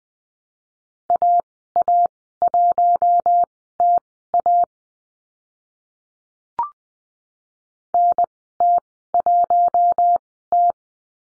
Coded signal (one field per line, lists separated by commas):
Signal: Morse code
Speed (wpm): 20 wpm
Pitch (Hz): 700 Hz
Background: none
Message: AA1TA NT1T